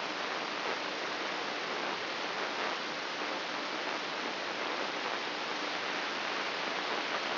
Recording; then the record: brain microelectrode recording played as sound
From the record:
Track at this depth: outside the subthalamic nucleus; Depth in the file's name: 6.661 mm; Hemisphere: left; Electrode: 3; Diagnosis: Parkinson's disease